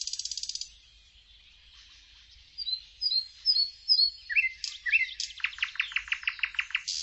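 Bird song: a buzzy high burst, then quick varied chirps and slurred notes, ending in a rapid series of sharp, evenly repeated notes.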